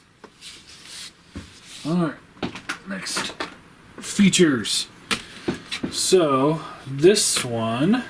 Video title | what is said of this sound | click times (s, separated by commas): Transformers review MP-43 Masterpiece Beast Wars Megatron | yeah they just uh it just goes on here and then sites down snaps in place | 0.2 s